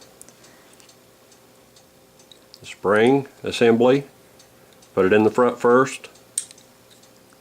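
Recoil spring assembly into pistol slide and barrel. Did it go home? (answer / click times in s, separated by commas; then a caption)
yes / 6.4 s. During reassembly of a Taurus PT740 .40 caliber pistol, the recoil spring assembly is set into the slide front end first and pushed forward against the barrel while someone talks. Faint ticks and handling taps are heard before a sharp metallic snap at 6.4 s as the recoil spring assembly pops into place, seated.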